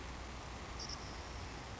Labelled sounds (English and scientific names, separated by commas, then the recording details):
Savannah Sparrow (Passerculus sandwichensis)
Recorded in Sonoma County, California